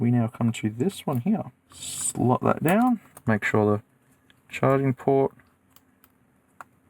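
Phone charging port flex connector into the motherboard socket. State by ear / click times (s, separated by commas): seated / 6.6 s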